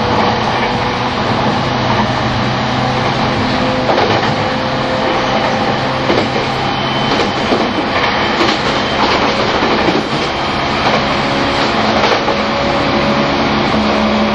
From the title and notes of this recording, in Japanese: E231系 湘南新宿ライン特別快速01 大宮～大船。浦和駅と武蔵小杉駅が未開業時の最速運転時代だった、E231系特別快速を収録したものです。走行音。